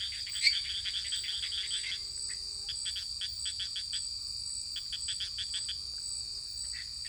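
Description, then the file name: Tree frog calling in quick clicking bursts, short pulsed trains repeated over several seconds, set against a constant high-pitched insect drone. French Guiana; excerpt with the rainette menue tree frog and an unidentified species. "Guyane rainette-menue-et-non-idenfiée"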